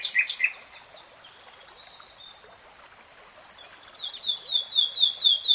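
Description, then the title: Nightingale song: a burst of sharp chirps, a quieter pause, then a repeated series of high notes. Singing; three-hour real-time recording. "[Tiếng chim hót] REALTIME Nightingale Singing"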